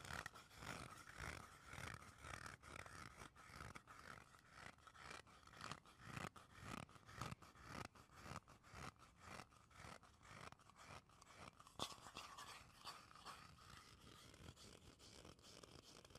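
Tapping and scratching on wood, cork and cardboard, with no talking. A dense run of short, crisp scrapes and taps follows one another rapidly and fairly evenly throughout, with a few sharper strikes near 2, 6 and 12 seconds, and a steady thin ringing tone underneath.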